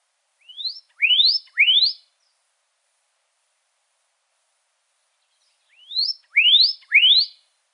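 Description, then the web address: Pyrrhuloxia call notes, rising whistled slurs given in two tight sets of three with a long quiet pause between the sets. Recorded in Arizona on 3 March 2008. "Grosbeaks Buntings PYRR 080303. Deviche"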